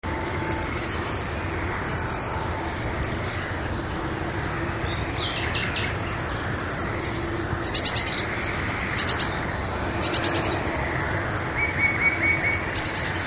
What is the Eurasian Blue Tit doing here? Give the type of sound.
call